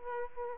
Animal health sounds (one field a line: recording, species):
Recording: mosquito wingbeat signal from an infrared sensor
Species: Aedes aegypti